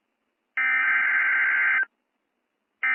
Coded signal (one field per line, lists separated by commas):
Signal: Emergency Alert System (SAME) tones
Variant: header bursts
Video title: EAS - Severe Thunderstorm Warning Jul 23, 2025. NOAA Weather Radio